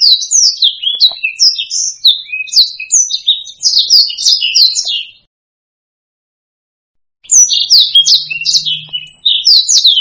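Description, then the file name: Black-throated laughingthrush song of quick, varied whistled phrases that stop for two seconds, then restart, with a brief low hum under the second burst. "suara kicauan burung blacksang. omkicau"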